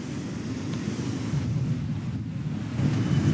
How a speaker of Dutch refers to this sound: Zee is heel wild vandaag.